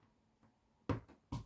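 The plastic backing washer of a safety eye is pushed onto the eye's post through a crocheted tortoise piece; it resists at first, then goes on with a loud snap at 0.9 s, seating the washer. A second, similar burst follows at about 1.3 s.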